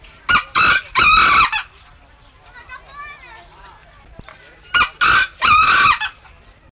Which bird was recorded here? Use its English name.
Grey Junglefowl